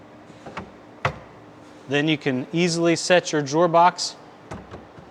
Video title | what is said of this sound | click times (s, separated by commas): Roll-out Drawer Box Removal and Adjustment | pivot down that locks there in place on both sides | 0.6 s, 1.0 s